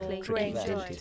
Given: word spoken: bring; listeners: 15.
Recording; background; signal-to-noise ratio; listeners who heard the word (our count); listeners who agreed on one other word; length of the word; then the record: one English word in noise, from a listening test; four-talker babble; -1.3 dB; 0 of 15; 6 of 15; 0.61 s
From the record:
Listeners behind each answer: 6, 2, 1, 1, 1, 1, 1, 1, 1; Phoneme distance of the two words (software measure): 17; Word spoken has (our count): 1 syllable, 4 phonemes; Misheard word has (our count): 1 syllable, 5 phonemes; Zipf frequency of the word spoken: 5.40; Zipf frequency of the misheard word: 5.06